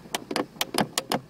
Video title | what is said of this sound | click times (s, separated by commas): Mercedes r129 500SL front roof latch adjustment/alignment..part 1 | you hear that clicking | 0.1 s, 0.4 s, 0.6 s, 0.8 s, 1.0 s, 1.1 s